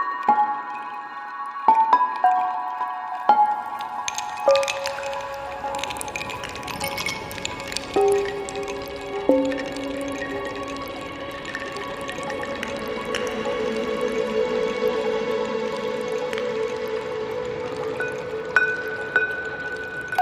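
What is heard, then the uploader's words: Ice cubes strike and rattle against wine glasses, each clear ringing note lingering as a pitch-shifted delay repeats and stacks it. Sharp clinks land every second or two, while the sustained tones pile into a dense shimmering bed that grows brighter toward the end. Some new real ice cubes on wine glasses with pitch shifted delay.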